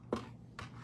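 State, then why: Seated. A metal die cut is pushed into the side slot of an open plastic embossing folder, where the Stampin' Up! logo is, until it snaps into place. Sharp clicks are heard at 0.1 s and 0.6 s, followed by a louder snap near 0.9 s. The die cut ends up seated in the folder.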